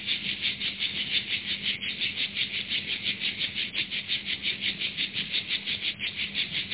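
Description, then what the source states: Cicada singing a harsh, pulsing buzz that throbs about three times a second without pause. Recorded 5 August 2015.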